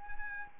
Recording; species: mosquito wingbeat signal from an infrared sensor; Anopheles arabiensis